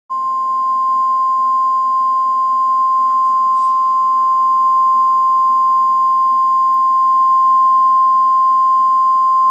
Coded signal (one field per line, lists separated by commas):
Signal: Emergency Alert System (SAME) tones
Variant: 1050 Hz attention tone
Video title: EAS Scenario: Second Pacific War